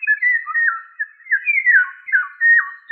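Eurasian golden oriole giving clear, fluty whistled phrases, sliding and dropping between notes, repeated several times in quick succession with short pauses.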